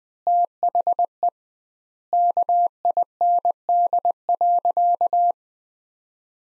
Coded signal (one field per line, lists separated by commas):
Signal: Morse code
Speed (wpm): 20 wpm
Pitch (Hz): 700 Hz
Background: none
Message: THE KIND.